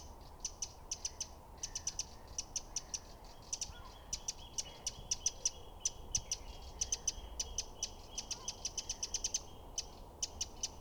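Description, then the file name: Eurasian wren calling with hard, clicking tick notes in rapid bursts and longer rattling series, steady throughout, with a faint thin whistle underneath. "Troglodytes troglodytes"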